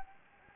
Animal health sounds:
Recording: mosquito wingbeat signal from an infrared sensor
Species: Anopheles gambiae

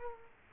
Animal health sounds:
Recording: mosquito wingbeat signal from an infrared sensor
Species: Culex quinquefasciatus

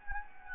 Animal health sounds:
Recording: mosquito wingbeat signal from an infrared sensor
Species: Anopheles gambiae

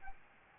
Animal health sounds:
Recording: mosquito wingbeat signal from an infrared sensor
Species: Aedes albopictus

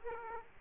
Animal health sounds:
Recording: mosquito wingbeat signal from an infrared sensor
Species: Aedes aegypti

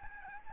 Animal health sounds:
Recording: mosquito wingbeat signal from an infrared sensor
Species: Aedes albopictus

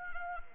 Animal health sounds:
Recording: mosquito wingbeat signal from an infrared sensor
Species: Anopheles arabiensis

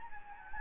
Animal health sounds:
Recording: mosquito wingbeat signal from an infrared sensor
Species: Anopheles gambiae

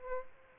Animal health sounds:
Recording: mosquito wingbeat signal from an infrared sensor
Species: Aedes albopictus

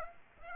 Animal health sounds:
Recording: mosquito wingbeat signal from an infrared sensor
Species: Aedes aegypti

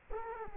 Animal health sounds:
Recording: mosquito wingbeat signal from an infrared sensor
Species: Culex quinquefasciatus

